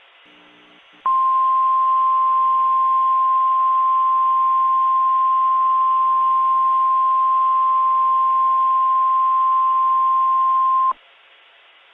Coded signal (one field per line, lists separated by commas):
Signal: Emergency Alert System (SAME) tones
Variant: 1050 Hz attention tone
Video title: (EAS Mock): What if the NOAA Radio Weekly Test also applied to your TV?